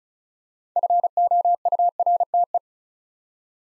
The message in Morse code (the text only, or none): FOURTE